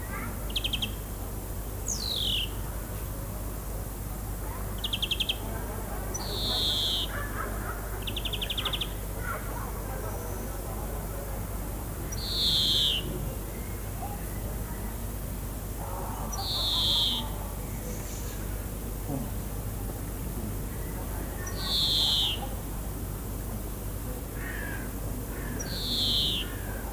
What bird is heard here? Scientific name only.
Chloris chloris